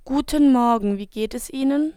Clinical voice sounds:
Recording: spoken sentence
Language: German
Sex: female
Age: 20 to 29 years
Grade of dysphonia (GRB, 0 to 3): 1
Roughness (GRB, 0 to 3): 1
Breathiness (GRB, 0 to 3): 0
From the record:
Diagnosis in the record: hyperfunctional dysphonia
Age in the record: 26 years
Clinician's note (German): Deutlich verkürztes Schwingungsbild, verkürzte Randkantenverschiebung

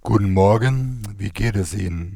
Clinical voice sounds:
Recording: spoken sentence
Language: German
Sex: male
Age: 40 to 49 years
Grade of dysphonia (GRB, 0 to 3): 2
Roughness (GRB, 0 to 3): 1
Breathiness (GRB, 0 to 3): 2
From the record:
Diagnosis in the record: recurrent laryngeal nerve paralysis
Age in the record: 44 years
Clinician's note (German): Alte nach Lungen-CA-OP, Lobektomie links mit Kompensation

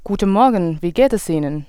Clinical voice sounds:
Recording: spoken sentence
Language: German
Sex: female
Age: 20 to 29 years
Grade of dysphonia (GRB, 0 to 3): 0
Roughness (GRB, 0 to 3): 0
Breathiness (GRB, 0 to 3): 0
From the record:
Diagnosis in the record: healthy voice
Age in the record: 21 years

